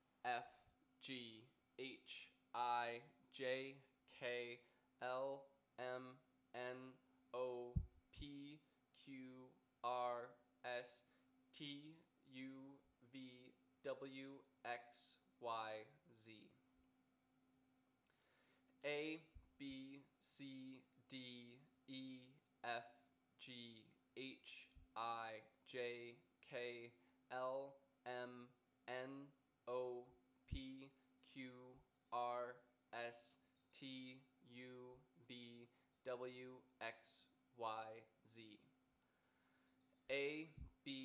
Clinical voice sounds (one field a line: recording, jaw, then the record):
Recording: letters of the alphabet, spoken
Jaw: free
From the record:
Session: first day, before the bite bar